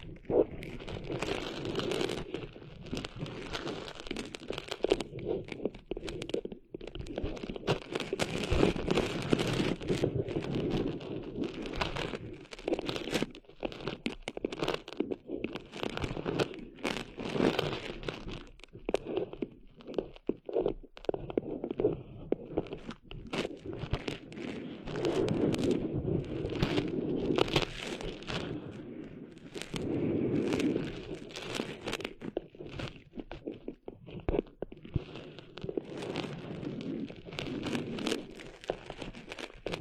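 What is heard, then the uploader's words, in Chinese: Sand rustling and shifting, a dense, grainy crunching that keeps going across the whole stretch with many quick crackles packed together. It swells into heavier, fuller passages around 8–12 and 25–31 seconds and thins briefly in between, with a low rumble underneath. 沙沙沙…沙滩的沙沙声。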